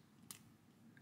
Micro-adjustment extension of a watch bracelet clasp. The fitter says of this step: and also it clicks back in with nice positive clicks